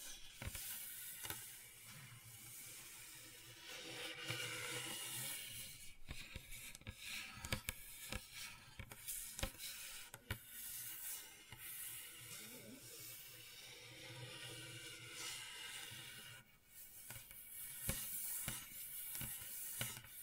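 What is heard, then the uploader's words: Gentle scratching runs through the whole stretch as a dense, bright hiss with a steady low hum underneath. Sharp little clicks and scrapes break in irregularly, thickest around six to ten seconds, and the texture briefly thins near sixteen seconds before resuming. Gentle Scratching.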